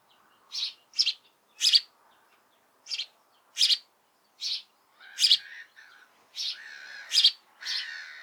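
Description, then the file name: House sparrow calls, loud separate chirps spaced unevenly, some doubled, with softer chattering notes near the end. "Passer domesticus"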